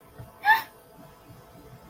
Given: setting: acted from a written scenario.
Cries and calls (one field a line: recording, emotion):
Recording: vocal sound without words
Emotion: fear